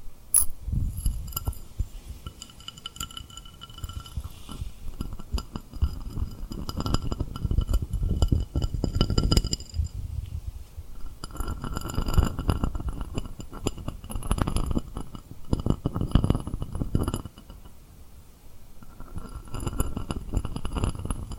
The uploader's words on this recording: ASMR Tapping & Rubbing Rhinestone Lip Triggers for Sleep (No Talking).